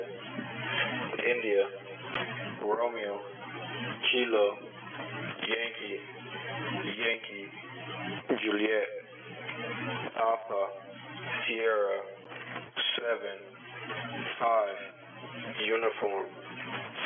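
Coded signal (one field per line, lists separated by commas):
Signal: coded military voice message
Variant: Emergency Action Message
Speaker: take a listen here here's an example of an actual message being transmitted that I picked up at my home location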